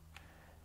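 A rubber roof antenna gasket on a VW shark fin antenna is pushed from behind the antenna until its front edge pops onto the antenna base. A single short tick sounds at 0.2 s over a steady low hum. The gasket front is seated in place.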